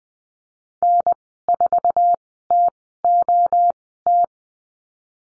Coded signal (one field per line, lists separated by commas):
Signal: Morse code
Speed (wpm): 20 wpm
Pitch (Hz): 700 Hz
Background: none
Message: N4TOT